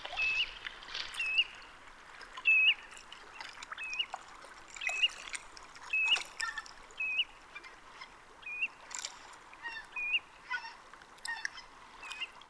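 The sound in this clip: Common ringed plover calling: short, clear, upward-inflected piping notes repeated about once a second, with trickling, splashing water throughout.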